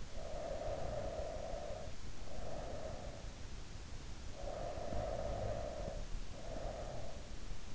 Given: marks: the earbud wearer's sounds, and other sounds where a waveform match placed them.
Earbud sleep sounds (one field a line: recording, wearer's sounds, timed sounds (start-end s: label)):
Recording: sounds in sleep by an in-ear microphone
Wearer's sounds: breath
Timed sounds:
0.13-3.30 s: breath
4.58-7.74 s: breath